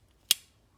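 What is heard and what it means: A steel plain-edge blade on a Leatherman Surge multitool is swung open and locks into the handle with a single sharp, bright click at 0.3 s, followed by a brief fading ring. The lock is engaged and the blade is seated.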